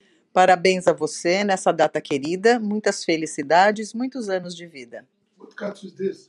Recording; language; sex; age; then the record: short text; Brazilian Portuguese; female; 50 to 59 years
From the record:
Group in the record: control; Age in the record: 59 years